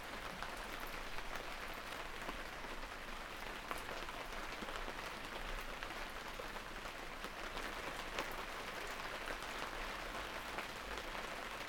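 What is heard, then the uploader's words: Rain falls in a steady, dense patter of countless fine drops, bright and hissing, with occasional louder single drops and no pauses. Travel with the rain as it falls, on a wide open coastal landscape, a walled garden in London, and on high moorland woods in Derbyshire.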